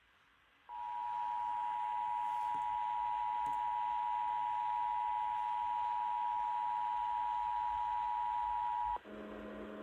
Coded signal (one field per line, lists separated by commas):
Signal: Emergency Alert System (SAME) tones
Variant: 853 and 960 Hz attention tone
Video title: Connecticut Required Monthly Test on WTIC 1080